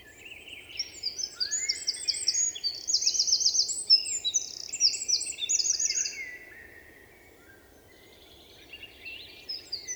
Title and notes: UN VENT DE TROGLODYTE. 27 mars 2020-Val Maravel - Nagra seven - stéréo - mkh8040 Un Troglodyte mignon (Troglodytes troglodytes) affirme par son chant vigoureux sa présence à tout concurrent potentiel.Chanteur de la forêt son chant nerveux est toujours impressionnant de puissance